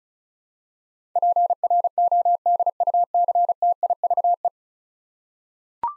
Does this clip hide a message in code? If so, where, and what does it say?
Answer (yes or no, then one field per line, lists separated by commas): yes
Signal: Morse code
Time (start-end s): 1.2-4.5 s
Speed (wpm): 36 wpm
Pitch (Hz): 700 Hz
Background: none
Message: PRODUCTIVE